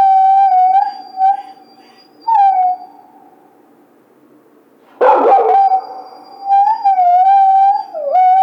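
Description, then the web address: Coyote howls with breaks between them, a rough burst of yapping in the middle, then wavering howls rising and dipping again. Howl, recorded 16 March 2010. "sounds mammals Coyote 2010 03 16 11 howl"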